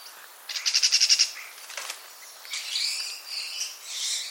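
Common starling giving a fast buzzy rattle, then further clicks and a run of wavering slurred whistles and squeaky notes.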